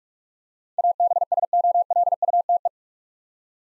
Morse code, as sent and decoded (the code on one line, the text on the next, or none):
.- -... ... --- .-.. ..- - .
ABSOLUTE